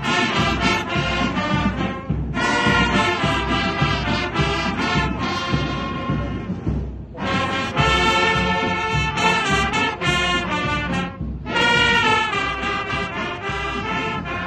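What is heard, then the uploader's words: A marching band rehearses at full volume, brass and drums playing dense, loud phrases with a steady driving beat. The music breaks into short sections with brief drops around two, seven and eleven seconds before the full ensemble comes back in. MARCHING BAND REHEARSAL SOMEWHERE IN NIGERIA - FULL ENSEMBLE. I went out for the state band rehearsal in preparation for our forthcoming events.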